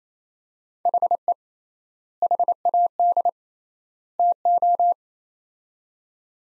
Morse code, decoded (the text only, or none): HE HAD TO